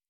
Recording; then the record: hydrophone in a shrimp aquaculture tank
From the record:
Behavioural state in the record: normal